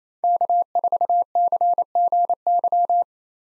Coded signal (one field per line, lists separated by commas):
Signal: Morse code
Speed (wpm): 28 wpm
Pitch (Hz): 700 Hz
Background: none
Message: K4CGY